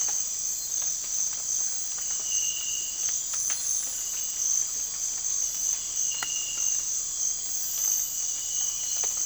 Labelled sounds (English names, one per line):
none